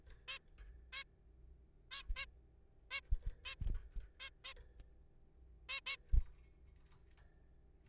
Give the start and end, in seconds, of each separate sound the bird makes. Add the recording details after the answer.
0.28-0.39, 0.93-1.03, 1.91-2.02, 2.16-2.26, 2.91-3.01, 3.45-3.55, 4.20-4.30, 4.45-4.54, 5.69-5.80, 5.86-5.96. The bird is a juvenile. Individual R3428